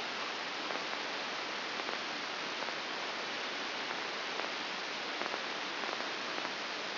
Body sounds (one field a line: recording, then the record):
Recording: brain microelectrode recording played as sound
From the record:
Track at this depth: outside the subthalamic nucleus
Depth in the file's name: 7.06 mm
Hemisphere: left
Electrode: 2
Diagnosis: Parkinson's disease